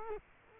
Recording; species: mosquito wingbeat signal from an infrared sensor; Culex quinquefasciatus